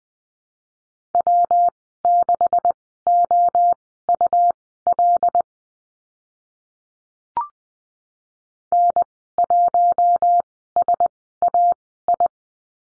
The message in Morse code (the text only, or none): W6OUL N1SAI